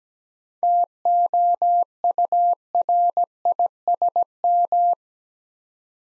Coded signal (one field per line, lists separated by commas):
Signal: Morse code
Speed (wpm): 17 wpm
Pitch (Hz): 700 Hz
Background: none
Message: TOURISM